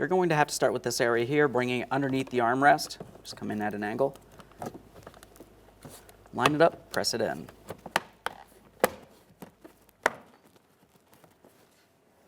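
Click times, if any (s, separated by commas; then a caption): 8.0 s, 8.3 s, 8.8 s, 10.1 s. Someone talks while a plastic door panel on a 2012-2015 Honda Civic front door is brought into position, angled in under the armrest, lined up and pressed onto the door frame after replacing the power window motor and regulator. Soft rustling and handling sounds follow, then the panel's retaining clips snap in one after another with sharp clicks at about 8.0, 8.3, 8.8 and 10.1 seconds, leaving the panel seated.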